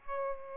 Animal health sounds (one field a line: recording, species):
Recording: mosquito wingbeat signal from an infrared sensor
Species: Aedes albopictus